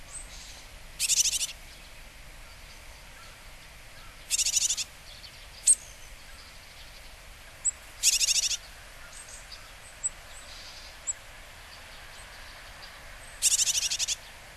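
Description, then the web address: Japanese tit repeating a grating, pulsed buzz four times at irregular intervals of several seconds, with scattered brief high ticks and steady background hiss. Recorded in Hyogo, Japan, in August. "koe sijuukara 0803 hyogo kaji"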